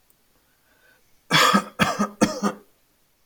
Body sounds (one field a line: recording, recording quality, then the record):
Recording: shallow voluntary cough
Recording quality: excellent, no background noise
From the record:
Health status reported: healthy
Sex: male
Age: 38 years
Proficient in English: yes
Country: India